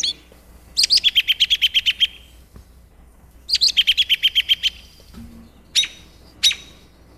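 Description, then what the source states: American robin calls: two rapid runs of about ten sharp, high notes, followed by two single short chirps. Said to be able to make 70 different sounds.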